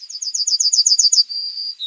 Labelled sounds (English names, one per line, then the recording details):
Yellowhammer song
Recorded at under 5 m from the bird
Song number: 162